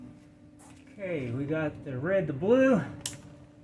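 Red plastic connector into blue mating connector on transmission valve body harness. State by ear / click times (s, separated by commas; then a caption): seated / 3.1 s. On a 2011 Subaru Outback 5EAT transmission, during a turbine speed sensor 2 replacement for a P1710 code, a red plastic connector is pushed into its blue mating connector on the valve body wiring harness. Someone talks, then a short, sharp click is heard at 3.1 s as the connector seats firmly.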